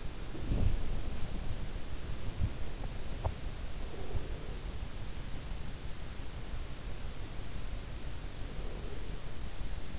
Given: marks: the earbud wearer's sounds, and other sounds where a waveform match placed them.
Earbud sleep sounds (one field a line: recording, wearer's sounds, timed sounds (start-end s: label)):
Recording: sounds in sleep by an in-ear microphone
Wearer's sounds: body movement, breath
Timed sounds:
0.00-3.87 s: body movement
3.87-6.06 s: breath
8.02-9.54 s: breath